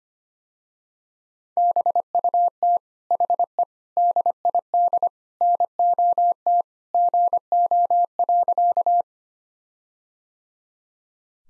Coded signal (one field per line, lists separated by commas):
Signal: Morse code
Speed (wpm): 25 wpm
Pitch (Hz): 700 Hz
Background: none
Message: BUT HE DID NOT GO.